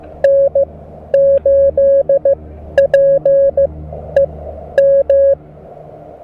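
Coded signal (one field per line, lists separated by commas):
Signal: Morse code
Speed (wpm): 15 wpm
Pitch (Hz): 550 Hz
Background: none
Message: N8PEM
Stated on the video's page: Parks on the Air activation using a Mountain Topper MTR-4B V2 QRP rig, operating on 40 meters among other bands; radio audio is loud.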